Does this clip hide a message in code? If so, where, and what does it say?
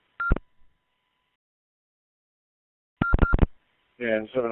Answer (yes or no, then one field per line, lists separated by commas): no